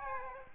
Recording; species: mosquito wingbeat signal from an infrared sensor; Aedes aegypti